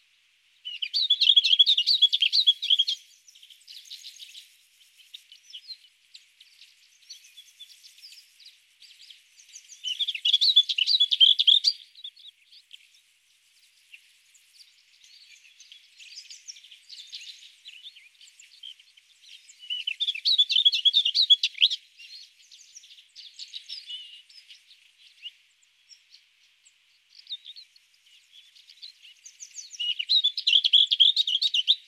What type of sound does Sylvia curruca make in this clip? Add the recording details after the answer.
song. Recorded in the wild. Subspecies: althaea. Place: Chimgan, UZ. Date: 2001-05-25. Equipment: MiniDisc Sharp MT 20 H. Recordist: Schwarz, Dieter